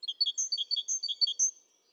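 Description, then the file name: Great tit calling: a quick run of bright, high chirping notes alternating between lower and higher pitches, lasting about a second and a half, then fading. "Parus major"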